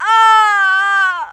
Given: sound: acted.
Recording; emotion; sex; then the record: nonverbal affect burst; pain; female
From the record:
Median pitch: 397 Hz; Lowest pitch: 252 Hz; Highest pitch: 451 Hz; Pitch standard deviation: 36 Hz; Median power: 81.6 dB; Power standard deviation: 6.5 dB